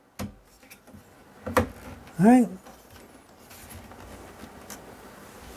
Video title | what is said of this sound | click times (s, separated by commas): Mingda Magician Max Unboxing, Assembly & Instruction | it in here it's going to click in place | 1.6 s